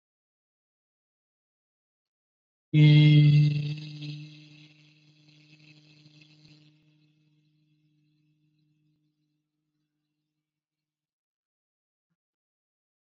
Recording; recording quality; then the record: sustained vowel as in beet; excellent, no background noise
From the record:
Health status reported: COVID-19 positive, mild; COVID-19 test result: positive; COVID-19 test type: RT-PCR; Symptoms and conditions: cough, cold, fatigue, diarrhoea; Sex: male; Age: 23 years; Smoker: no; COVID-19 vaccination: both doses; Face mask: not worn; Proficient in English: yes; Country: India